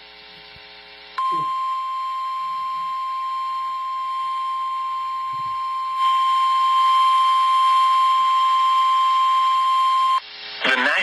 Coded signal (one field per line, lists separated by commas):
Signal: Emergency Alert System (SAME) tones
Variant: 1050 Hz attention tone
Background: speech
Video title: LiveStream EAS Alert #13 (Severe Thunderstorm Warning #32)